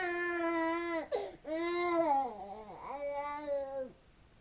Baby cry.